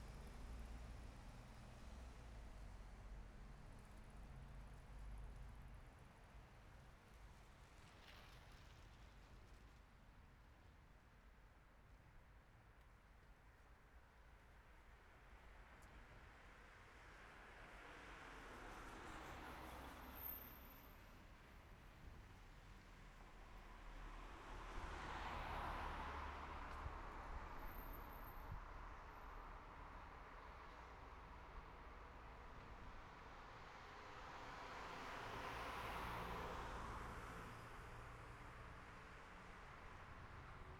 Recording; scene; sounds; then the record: everyday scene through a hearing-aid microphone; in traffic; traffic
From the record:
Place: city secondary road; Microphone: behind the ear, right, front